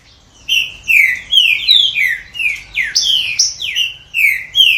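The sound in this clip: Green-winged Saltator song: a fast run of loud, slurred whistled notes sweeping down, about two or three each second, after a brief quiet start.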